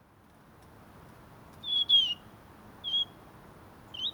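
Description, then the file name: Robin calls: a few thin, high, slightly descending whistled notes, one pair then single notes, with quiet between. "Erithacus rubecula"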